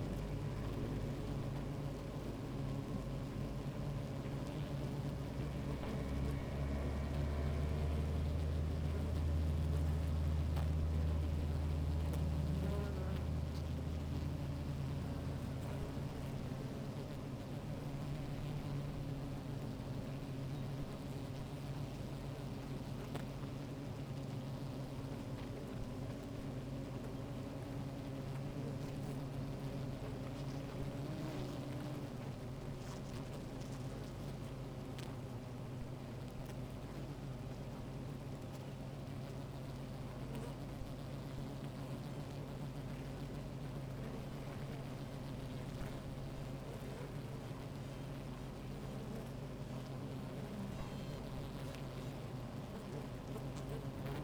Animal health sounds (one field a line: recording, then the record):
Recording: honeybee colony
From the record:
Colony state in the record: active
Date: 28 July 2017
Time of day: 16:02